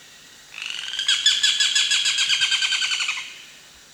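Olive-backed woodpecker giving a fast, even rattle of sharp high notes lasting about two and a half seconds, fading at the end, over quiet background hiss.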